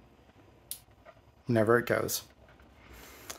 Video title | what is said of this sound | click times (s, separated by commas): How to Replace the Driver/VFD for BLACK+DECKER Variable Speed Inground Pool Pumps | reconnect this cable and it'll give you kind of a nice audible click | 0.7 s